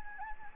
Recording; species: mosquito wingbeat signal from an infrared sensor; Anopheles gambiae